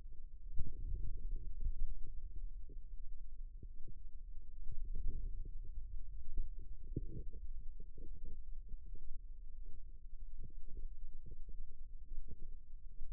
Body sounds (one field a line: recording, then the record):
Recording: forearm muscle sounds (acoustic myography)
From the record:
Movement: wrist flexion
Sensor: system 2, bracelet of six BSWA MPA416 microphones around the upper forearm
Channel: 6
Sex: female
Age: 22 years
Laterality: right